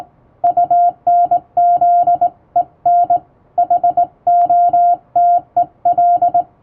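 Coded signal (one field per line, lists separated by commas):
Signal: Morse code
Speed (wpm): 19 wpm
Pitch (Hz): 700 Hz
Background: music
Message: UNZEN HOTEL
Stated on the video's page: Hand-keyed Morse sent on a vertical straight key with correct posture, a basic sending lesson using an English-language telegram practice book.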